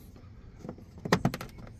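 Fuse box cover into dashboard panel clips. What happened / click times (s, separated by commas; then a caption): The plastic cover was pushed into its clips but did not snap fully home / 1.1 s. A plastic fuse box cover on the lower dash of a 2003 Tundra pickup, found installed upside down, is pushed into its dashboard panel clips, with a sharp plastic click at 1.1 s followed by a few quieter clicks. The clips hold the cover in place, but it doesn't fit well and is not properly snapped home.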